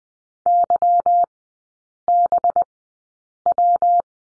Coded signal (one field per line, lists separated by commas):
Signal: Morse code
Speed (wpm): 19 wpm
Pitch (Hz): 700 Hz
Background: none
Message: YBW